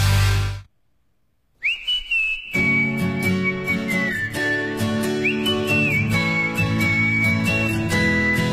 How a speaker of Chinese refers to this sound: 口哨的前奏总是让人感觉非常的轻快，而且正出发的感觉。